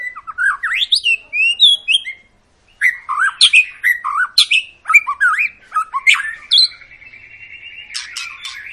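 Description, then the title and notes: White-rumped shama song, a rich run of whistled slurred phrases and sharp chirps, ending in a sustained trill with clicking notes. Long, lively lure song of a white-rumped shama, used to prompt other birds to sing. "Pancingan Murai Batu Gacor Panjang. muraiku"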